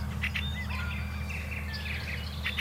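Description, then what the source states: Fieldfare calls, harsh chattering notes mixed with thin whistled bird calls in a busy dawn chorus over steady low hum. Coming closer, taking over its territory at sunrise on 2 May 2021, on spring flooded fields at Hyvelänjärvi, Lohja.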